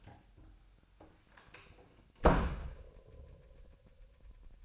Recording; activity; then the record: daily activity, microphone in the room; close door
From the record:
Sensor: 2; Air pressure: 1007.0 hPa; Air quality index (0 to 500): 192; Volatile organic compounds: 12 ppm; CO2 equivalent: 2348 ppm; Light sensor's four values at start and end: 10/24/10/10 and 10/23/10/10